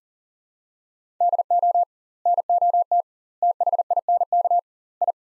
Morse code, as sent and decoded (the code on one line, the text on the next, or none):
-.. --- / -. --- - / - .... .. -. -.- / ..
DO NOT THINK I